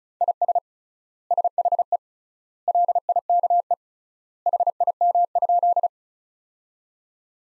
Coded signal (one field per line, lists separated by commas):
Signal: Morse code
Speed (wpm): 36 wpm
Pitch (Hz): 700 Hz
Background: none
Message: IS SHE LIKE HIM?